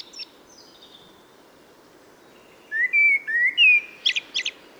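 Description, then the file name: Common blackbird song: a few faint high notes, then a short run of clear fluted whistles sliding upward, closed by a few thin, squeaky high twitters. "Turdus merula"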